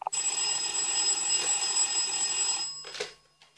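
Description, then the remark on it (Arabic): A telephone bell rings continuously with a bright, metallic, high-pitched jangle for about two and a half seconds, then stops. A brief clatter follows, with no voices. “ممكن ترفعي سماعه التليفون؟”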